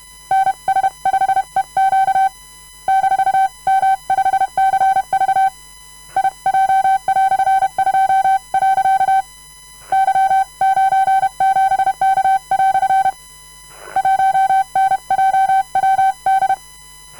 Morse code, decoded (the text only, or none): NS5EQ -M5CV IJ"2. Y97K" 1NJWD